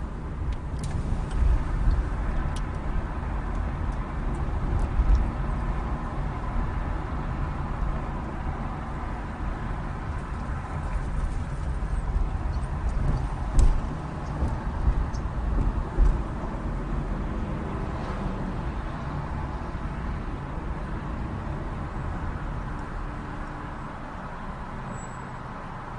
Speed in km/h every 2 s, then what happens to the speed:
23, 24, 24, 26, 19, 16, 18, 23, 24, 18, 15, 5, 0.
0-6 steady at about 24. 6-11 slows to 16. 11-16 speeds up to 24. 16-23 slows to 0. 23-26 standing.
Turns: 7-12.